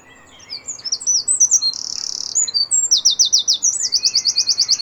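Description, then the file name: Eurasian wren song: a loud, very high outburst of rapid tinkling notes, a dry buzzy trill in the middle, then a fast run of repeated sharp notes to the end. "Troglodytes troglodytes"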